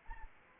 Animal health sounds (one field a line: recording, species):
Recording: mosquito wingbeat signal from an infrared sensor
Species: Anopheles arabiensis